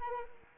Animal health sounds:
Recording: mosquito wingbeat signal from an infrared sensor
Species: Anopheles arabiensis

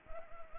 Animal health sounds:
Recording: mosquito wingbeat signal from an infrared sensor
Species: Anopheles gambiae

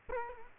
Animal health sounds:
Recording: mosquito wingbeat signal from an infrared sensor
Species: Culex quinquefasciatus

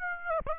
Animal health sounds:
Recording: mosquito wingbeat signal from an infrared sensor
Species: Aedes aegypti

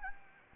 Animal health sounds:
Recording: mosquito wingbeat signal from an infrared sensor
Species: Anopheles gambiae

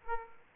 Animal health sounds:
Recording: mosquito wingbeat signal from an infrared sensor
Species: Aedes aegypti

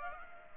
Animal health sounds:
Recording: mosquito wingbeat signal from an infrared sensor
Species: Culex pipiens

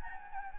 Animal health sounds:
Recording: mosquito wingbeat signal from an infrared sensor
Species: Anopheles gambiae

